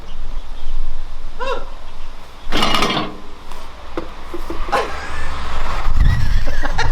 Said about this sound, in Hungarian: Az első egy kutya. Ne, a kutyát ne!